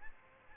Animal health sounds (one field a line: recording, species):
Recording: mosquito wingbeat signal from an infrared sensor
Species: Aedes albopictus